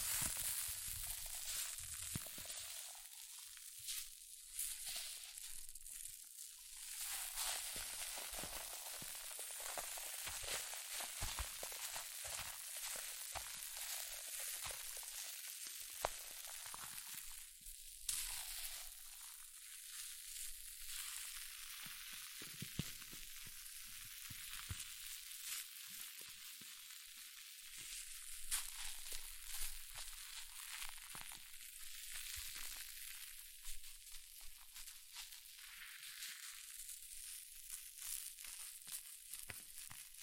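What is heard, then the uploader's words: Hair mousse fizzes and crackles, a dense, bright hiss of tiny pops that runs steadily for the whole forty seconds. Clusters of sharper snaps break through every few seconds, and the crackle swells slightly around the middle and again near the end. ASMR Extreme Fizzing Tingles Hair Mousse Sounds(No Talking).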